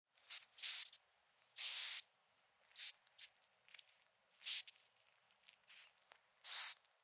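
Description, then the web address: Hissing cockroach giving breathy hiss bursts of uneven length, with soft scratchy rustles and faint ticks in the gaps between them. "SFXBible animals-insect-hissing-cockroach"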